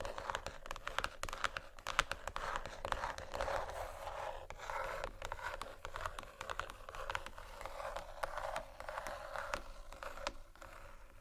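Dense, busy handling of marble and wood: quick tapping clicks and crinkly scratching run almost without pause for the whole stretch, bright and grainy. A steady low hum sits underneath, and the activity thins slightly toward the end.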